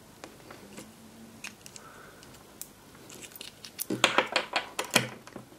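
A screwdriver-type attachment folds a metal part back over on a component of a deactivated WW1 1918 Luger P08 9mm Parabellum pistol during reassembly. Quiet handling gives way to a run of sharp metallic ticks and scrapes, with the loudest at about 4.0 and 5.0 seconds. The part is handled but nothing has seated or clicked into place yet.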